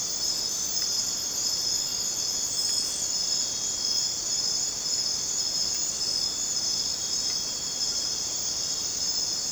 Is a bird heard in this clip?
no